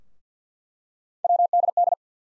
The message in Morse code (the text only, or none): WDD